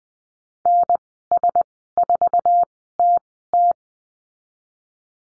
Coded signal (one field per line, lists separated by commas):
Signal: Morse code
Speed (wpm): 20 wpm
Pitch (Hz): 700 Hz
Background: none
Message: NS4TT